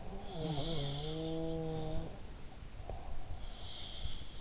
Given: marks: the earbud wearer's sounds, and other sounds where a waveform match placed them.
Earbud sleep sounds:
sounds in sleep by an in-ear microphone; snoring breath
0.04-4.41 s: snoring breath
0.18-1.43 s: sound from someone else or the room

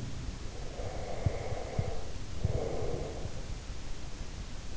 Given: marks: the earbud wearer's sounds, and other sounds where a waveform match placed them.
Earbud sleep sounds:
sounds in sleep by an in-ear microphone; breath
0.00-3.58 s: sound from someone else or the room
0.47-3.58 s: breath

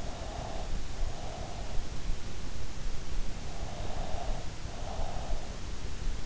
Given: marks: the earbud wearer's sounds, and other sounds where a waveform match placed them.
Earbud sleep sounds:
sounds in sleep by an in-ear microphone; breath
0.00-1.93 s: breath
3.59-5.36 s: breath

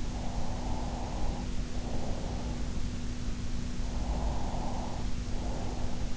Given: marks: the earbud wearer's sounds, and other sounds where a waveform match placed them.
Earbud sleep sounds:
sounds in sleep by an in-ear microphone; breath
0.00-2.67 s: breath
3.77-6.16 s: breath

